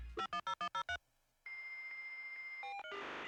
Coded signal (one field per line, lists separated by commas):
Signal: DTMF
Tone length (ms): 90 ms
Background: music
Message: 510103